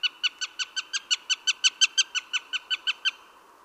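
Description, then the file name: Eurasian jay calls: a rapid, even series of nearly twenty short harmonic notes, swelling then fading slightly. "Garrulus glandarius"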